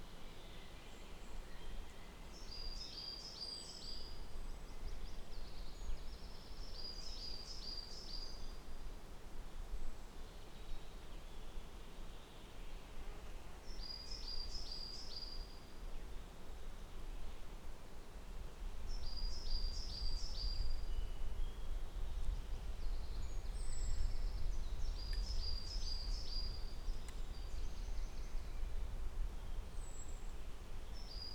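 Birds sing in Trnovo forest, a high, quick phrase of rapid trilled notes repeating every few seconds, with fainter calls in between. Beneath them a steady low rumble runs throughout, growing slightly louder after about twenty seconds.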